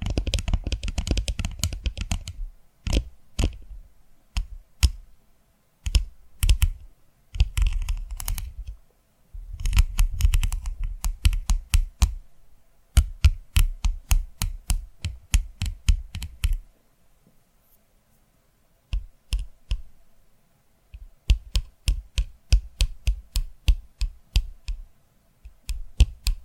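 Tapping sounds come in quick clusters of sharp clicks, like fingertips on a hard surface or keys, with short silent gaps between bursts. Early taps land with a fuller, heavier thump; from about thirteen seconds the taps turn lighter and more evenly spaced, with a lull near eighteen seconds.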